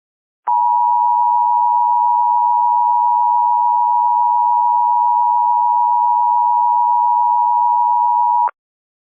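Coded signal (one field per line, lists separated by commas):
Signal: Emergency Alert System (SAME) tones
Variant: 853 and 960 Hz attention tone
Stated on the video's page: Fictional remastered EAS scenario.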